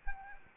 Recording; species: mosquito wingbeat signal from an infrared sensor; Anopheles arabiensis